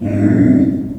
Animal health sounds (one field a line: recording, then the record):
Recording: squeal of a Yucatan mini pig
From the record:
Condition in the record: after surgery on the right vocal fold (resection and tissue-engineered implant)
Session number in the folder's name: 4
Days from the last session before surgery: 26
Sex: female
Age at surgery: 19 weeks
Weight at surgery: 25 kg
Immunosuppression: prednisolone